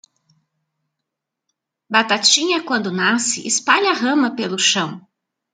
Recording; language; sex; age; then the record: short text; Brazilian Portuguese; female; 50 to 59 years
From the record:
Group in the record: control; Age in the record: 56 years